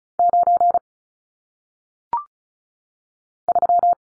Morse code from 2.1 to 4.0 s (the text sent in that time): 3